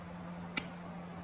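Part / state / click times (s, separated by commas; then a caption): wire crimp terminal into hand crimper jaw / seated / 0.6 s. A metal crimp terminal is pushed into the nest of a hand crimping tool's jaw before crimping, while wiring a high-performance boat. A single sharp tick sounds at 0.6 s over a steady low hum. The terminal snaps into place and is seated in the crimper die.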